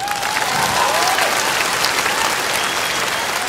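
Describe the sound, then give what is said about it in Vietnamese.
A crowd applauds steadily to welcome a male singer at an Asia entertainment show, dense clapping holding at an even, loud level throughout, with a few faint whistles or cheers rising briefly above the clapping. “Xin vì trong một tràng vỗ tay để chào đón nam ca sĩ”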